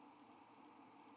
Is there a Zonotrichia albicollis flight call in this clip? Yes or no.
no